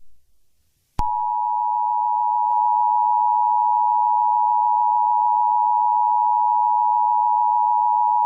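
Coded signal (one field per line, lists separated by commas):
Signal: Emergency Alert System (SAME) tones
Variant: 853 and 960 Hz attention tone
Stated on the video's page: EAS tones in a fictional, made-up emergency alert scenario inspired by another scenario.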